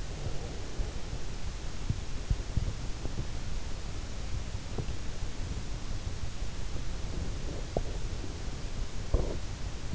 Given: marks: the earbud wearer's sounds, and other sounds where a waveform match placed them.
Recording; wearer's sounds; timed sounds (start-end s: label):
sounds in sleep by an in-ear microphone; breath
0.00-1.56 s: breath
6.85-8.77 s: breath